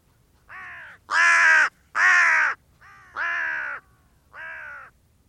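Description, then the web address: Bird giving a series of harsh hoarse caws, the second and third the loudest. "Deverinetal 2025. Bird Only"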